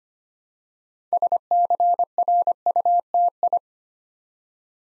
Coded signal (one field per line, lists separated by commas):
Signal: Morse code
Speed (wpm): 25 wpm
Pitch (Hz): 700 Hz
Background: none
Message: SCRUTI